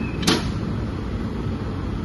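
An ambulance stretcher is pulled out and its wheeled legs drop down and lock into place with one sharp click at 0.3 s, over steady broadband background noise. The wheel leg lock seats, which keeps the patient from falling and the wheels from releasing.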